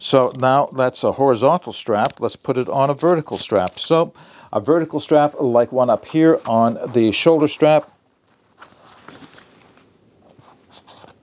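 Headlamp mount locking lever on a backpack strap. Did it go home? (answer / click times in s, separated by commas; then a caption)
no / none. Someone talks for about eight seconds about moving a Wuben H5 headlamp's plastic multi-mount from a horizontal strap to a vertical backpack shoulder strap. After that, quiet handling noises follow, with small sharp taps at about 8.6, 9.1, 9.2, 9.4 and 9.8 seconds as the strap is worked through the mount. Nothing has seated yet; the locking lever has not been pressed down to snap shut and clamp the strap.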